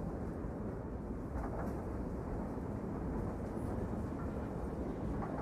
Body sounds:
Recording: background sound without coughing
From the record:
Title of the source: Train Ride Ambience ambient white noise for sleeping, focus, studying, reading

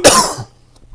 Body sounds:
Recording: coughing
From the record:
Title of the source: Coughing 79

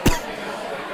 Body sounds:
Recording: coughing mixed with background sound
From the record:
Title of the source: Coughing 51

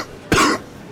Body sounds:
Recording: coughing mixed with background sound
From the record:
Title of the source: Coughing 46

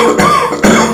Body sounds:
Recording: coughing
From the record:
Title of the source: Wet Throat Infection Cough

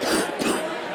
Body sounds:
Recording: coughing mixed with background sound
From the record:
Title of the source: 60 coughing still (deep and wet cough)

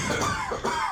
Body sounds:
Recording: coughing mixed with background sound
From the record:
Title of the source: Spring Cold Coughing 2

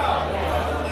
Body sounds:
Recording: background sound without coughing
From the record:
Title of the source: CITY SOUNDS Busy Bar in the Evening Night - 2 HOURS of Ambiance for Relaxation

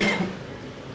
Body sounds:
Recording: coughing mixed with background sound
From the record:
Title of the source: Man Coughing Sound - Wet Cough Sound Effect

